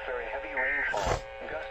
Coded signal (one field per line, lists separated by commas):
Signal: Emergency Alert System (SAME) tones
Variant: end-of-message bursts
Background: speech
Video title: Required Weekly Tests (EAS #1151-1154)